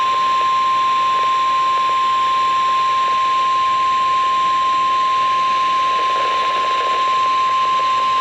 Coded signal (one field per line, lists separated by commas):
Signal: Emergency Alert System (SAME) tones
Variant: 1050 Hz attention tone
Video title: Severe Weather Highness | EAS Alerts From 4/20/2023 (EAS #1,956-1,978)